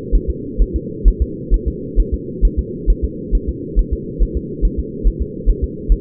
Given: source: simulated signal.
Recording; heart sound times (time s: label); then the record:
fetal heart sounds
0.15 s: S1
0.30 s: S2
0.62 s: S1
0.76 s: S2
1.08 s: S1
1.22 s: S2
1.54 s: S1
1.68 s: S2
2.00 s: S1
2.14 s: S2
2.45 s: S1
2.59 s: S2
2.90 s: S1
3.05 s: S2
3.35 s: S1
3.49 s: S2
3.79 s: S1
3.93 s: S2
4.23 s: S1
4.37 s: S2
4.65 s: S1
4.79 s: S2
5.07 s: S1
5.22 s: S2
5.50 s: S1
5.64 s: S2
5.92 s: S1
From the record:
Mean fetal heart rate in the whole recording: 135 bpm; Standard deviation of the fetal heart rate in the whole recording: 3 bpm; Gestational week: 36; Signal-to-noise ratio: -4.1 dB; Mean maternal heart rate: no maternal heart sound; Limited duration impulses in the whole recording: absent